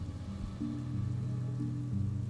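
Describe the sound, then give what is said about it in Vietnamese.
Rain falls outside in a steady, even hiss with no voices, over a low sustained hum that shifts pitch slightly a couple of times. “Bên ngoài mưa cũng nhỏ dần rồi tạnh đi.”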